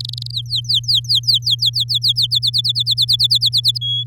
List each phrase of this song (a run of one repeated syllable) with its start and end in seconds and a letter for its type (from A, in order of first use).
0.00-0.31 A, 0.33-2.27 B, 2.31-3.78 C, 3.81-4.04 D